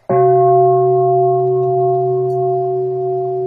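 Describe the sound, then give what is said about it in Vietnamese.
A single temple mindfulness bell is struck once as the second sounding, with a sharp onset followed by a long, steady, low resonant ring that holds several clear tones and fades only slightly. No voices are present. “Lúc đó mình mới thỉnh tiếng thứ hai.”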